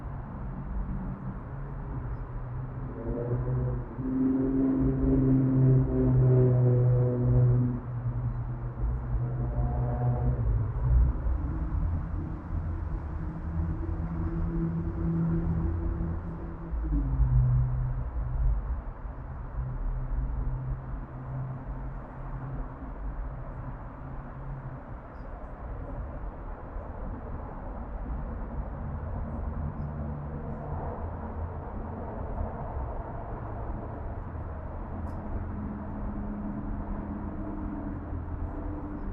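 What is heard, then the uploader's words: Urban backyard in Oakland, CA, with a steady low rumble of traffic throughout. A vehicle passes from about 3 to 18 seconds, its engine drone rising and shifting in pitch, then the hum settles back to a constant, even background. Urban Backyard - Oakland, CA. Zoom H6 XY Stereo Mic Capsule. Unbranded Mini Mic Stand. Magnetic Microphone Mounts.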